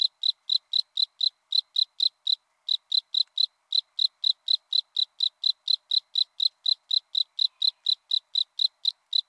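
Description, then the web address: Northern spring field cricket song: steady train of many brief high chirps, with a short gap early on and no other sounds. "Crickets and Katydids. Northern Spring Field Cricket, Gryllus veletis"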